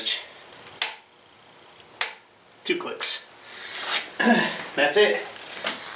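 A torque wrench tightens the steel pinch bolt on the front axle of a 2016 Indian Scout Sixty's motorcycle fork, clicking sharply at its preset value at 0.8 s and again at 2.0 s. Someone talks over the work, and the bolt is done.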